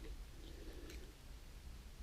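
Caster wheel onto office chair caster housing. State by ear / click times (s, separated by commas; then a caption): not seated / none. A plastic caster wheel is picked up and lined up on an office chair caster housing, ready to be pushed on. Quiet handling rustle fills the clip, with a brief faint tap at 0.9 s. Nothing has clicked or seated yet.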